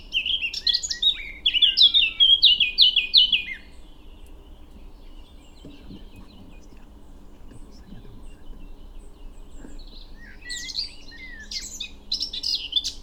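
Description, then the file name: Eurasian blackcap song: a loud burst of clear, downslurred whistled notes repeated quickly for about three seconds, a quiet gap, then a second shorter warbled phrase. "Sylvia atricapilla"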